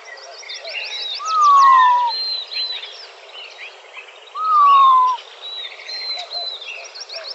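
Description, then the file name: Montezuma quail giving a descending whistle, a long slurred note sliding downward, heard twice about three seconds apart over a chorus of chirping songbirds. Recorded in Arizona on 17 May 2004. "MONTEQUAIL 1 deviche"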